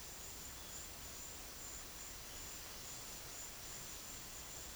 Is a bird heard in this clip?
no